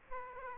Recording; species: mosquito wingbeat signal from an infrared sensor; Aedes aegypti